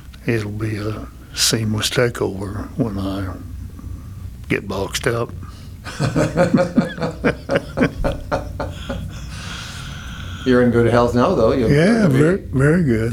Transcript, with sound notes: It’ll be a seamless takeover when I get boxed up. (Laughing)
You’re in good health now though?
Very good.